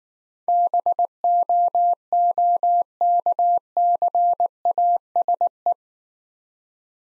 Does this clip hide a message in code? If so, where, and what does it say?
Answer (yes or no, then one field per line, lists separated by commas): yes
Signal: Morse code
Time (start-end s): 0.5-5.7 s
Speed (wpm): 19 wpm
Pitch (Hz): 700 Hz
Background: none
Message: BOOKCASE